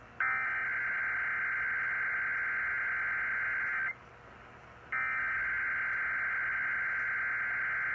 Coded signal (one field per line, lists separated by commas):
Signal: Emergency Alert System (SAME) tones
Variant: header bursts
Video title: EAS alerts from 10/31/30 - 11/4/20 EAS#343-353